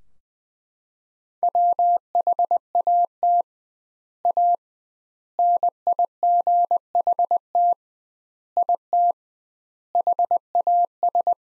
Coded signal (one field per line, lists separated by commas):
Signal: Morse code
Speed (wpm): 20 wpm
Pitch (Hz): 700 Hz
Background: none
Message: WHAT A NIGHT IT HAS